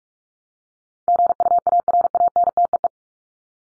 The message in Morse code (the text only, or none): GUARANTEE